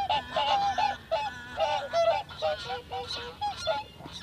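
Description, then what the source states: Greylag Goose: a rapid series of nasal honks throughout. Greylag geese returning noisily in April.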